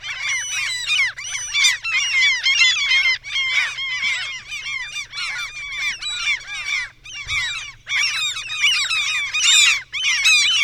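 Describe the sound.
Common gull chorus of many shrill, mewing squeals overlapping continuously.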